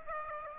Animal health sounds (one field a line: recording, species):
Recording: mosquito wingbeat signal from an infrared sensor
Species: Aedes aegypti